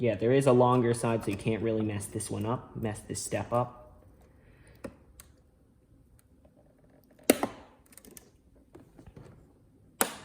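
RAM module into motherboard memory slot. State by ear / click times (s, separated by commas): seated / 7.3 s, 10.0 s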